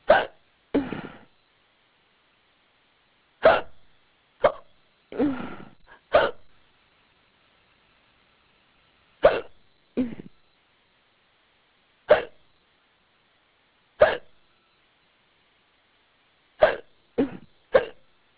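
An adult hiccuping: about a dozen abrupt, brief glottal gulps come at irregular intervals over roughly 18 seconds, some with a short breathy tail. These are typical hiccups, sudden diaphragm spasms snapped off by closure of the vocal cords.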